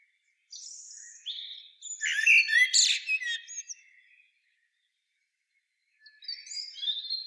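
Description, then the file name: Common blackbird uttering a scratchy, high warbled phrase with a louder middle section, then silence, then a softer squeaky twitter. "Turdus merula"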